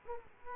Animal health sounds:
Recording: mosquito wingbeat signal from an infrared sensor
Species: Aedes aegypti

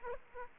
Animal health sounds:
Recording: mosquito wingbeat signal from an infrared sensor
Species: Aedes aegypti

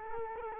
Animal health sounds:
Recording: mosquito wingbeat signal from an infrared sensor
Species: Culex quinquefasciatus

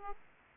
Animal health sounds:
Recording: mosquito wingbeat signal from an infrared sensor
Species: Aedes aegypti

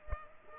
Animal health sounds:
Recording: mosquito wingbeat signal from an infrared sensor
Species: Culex pipiens

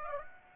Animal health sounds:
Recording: mosquito wingbeat signal from an infrared sensor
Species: Aedes aegypti

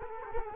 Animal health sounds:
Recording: mosquito wingbeat signal from an infrared sensor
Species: Culex quinquefasciatus

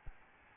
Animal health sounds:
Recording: mosquito wingbeat signal from an infrared sensor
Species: Aedes albopictus

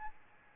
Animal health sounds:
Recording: mosquito wingbeat signal from an infrared sensor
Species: Aedes albopictus

